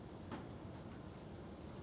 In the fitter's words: Just pops into place.